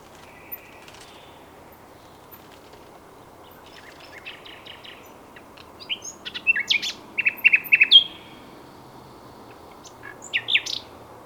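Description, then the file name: Common nightingale song: scattered short whistles, then bursts of rapid repeated chirps and trills, with a final brief phrase. "Luscinia megarhynchos"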